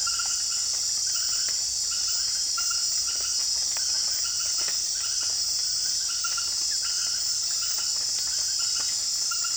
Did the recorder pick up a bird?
no